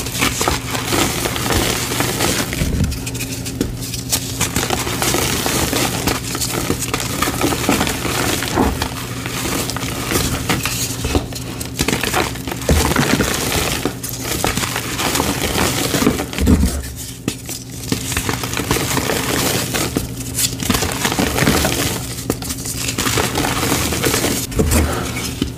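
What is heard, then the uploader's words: Black iron oxide gym chalk is crumbled in a dense, continuous run of crisp, gritty crunches and crackles that barely let up. A few brief softer pauses come around 4, 17 and 22 seconds. A steady low hum sits underneath throughout. Black Iron Oxide *Crush Only* Compilation! Crispy crunchy black iron oxide gym chalk crumbles and oddly satisfying asmr sounds.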